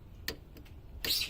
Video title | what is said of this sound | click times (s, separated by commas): Replacing lower control arms, tie rod ends and stabilizer bar links on a Saturn Ion 2007 | clicking tells me that I already got 25 | 0.3 s, 1.1 s